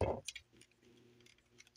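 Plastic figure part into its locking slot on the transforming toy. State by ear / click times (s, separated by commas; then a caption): seated / 0.0 s. An angled plastic section of a Transformers Legacy Evolution Leader Class Prime Universe Skyquake figure is pushed into its locking slot and snaps in with a sharp click at 0.0 s, seating the part. A few fainter plastic ticks follow over the next second and a half.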